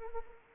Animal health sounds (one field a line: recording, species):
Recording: mosquito wingbeat signal from an infrared sensor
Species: Anopheles arabiensis